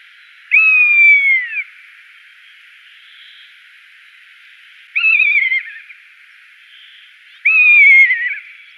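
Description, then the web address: Rough-legged buzzard uttering three drawn-out, falling mewing cries a few seconds apart, the middle one shorter and wavering, over a steady faint hiss. "Schulze Peter Rough-legged Buzzard"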